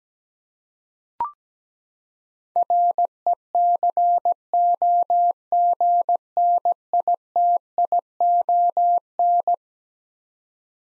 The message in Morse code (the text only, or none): RECOGNITION